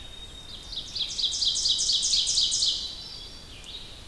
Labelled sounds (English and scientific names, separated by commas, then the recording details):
Ovenbird (Seiurus aurocapilla) song
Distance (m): 15 m
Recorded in boreal forest in Alberta, Canada, on 2 June 2016 at 05:41
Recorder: SongMeter 3, array SBT-3-7
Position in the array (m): 25 m, 133 m
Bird 4